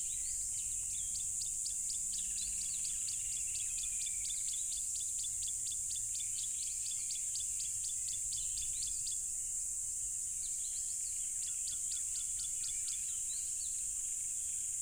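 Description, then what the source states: Crickets give a constant shrill high drone, overlaid by bursts of rapid ticking notes that run for several seconds, then stop and return near the end. Loud crickets at a tropical river.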